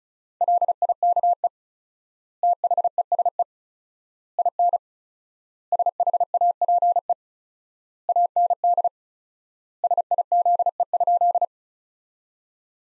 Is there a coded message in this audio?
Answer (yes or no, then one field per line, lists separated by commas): yes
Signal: Morse code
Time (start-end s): 0.4-11.4 s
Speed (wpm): 36 wpm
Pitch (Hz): 700 Hz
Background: none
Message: LIKE THESE IN SHAPE AND SIZE?